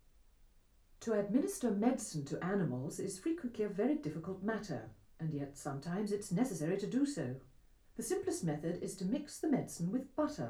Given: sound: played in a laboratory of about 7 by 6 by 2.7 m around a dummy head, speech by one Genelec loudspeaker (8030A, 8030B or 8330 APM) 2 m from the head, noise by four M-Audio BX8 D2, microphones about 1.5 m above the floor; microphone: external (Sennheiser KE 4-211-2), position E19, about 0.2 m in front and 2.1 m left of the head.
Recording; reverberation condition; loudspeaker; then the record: female speech in English; low; 150 degrees to the left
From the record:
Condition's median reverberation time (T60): about 310 ms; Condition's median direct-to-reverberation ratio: about 3.5 dB